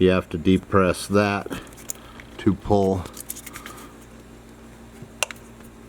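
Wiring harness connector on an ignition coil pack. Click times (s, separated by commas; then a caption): 5.2 s. A locking tab is pressed on the plastic wiring harness connector of an ignition coil pack on a Nissan 5.6 engine to pull the connector off. Someone talks over faint small scrapes and taps, then a sharp pop at 5.2 s marks the connector clip coming loose and the connector being released.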